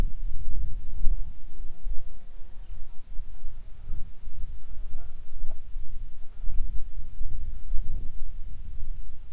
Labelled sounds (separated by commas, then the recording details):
wind, insects
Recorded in the Arctic National Wildlife Refuge, Alaska, on 7 July 2019 at 18:49
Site 41